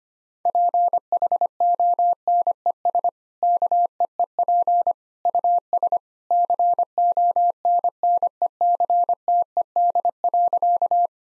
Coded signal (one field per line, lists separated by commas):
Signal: Morse code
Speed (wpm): 25 wpm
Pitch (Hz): 700 Hz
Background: none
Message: PHONES KEEP US CONNECTED.